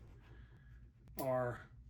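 A plastic slick clip on the game-bag strap of an upland vest is handled as it is being closed, with faint low rustling before someone talks briefly from about 1.2 to 1.6 seconds. Nothing has snapped or seated yet.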